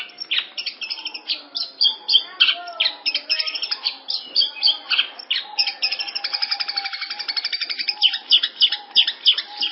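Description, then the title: Long-tailed Shrike song of scratchy chirps and chattering notes, with a prolonged fast trill of repeated notes in the latter half. "Audio Cendet Pentet"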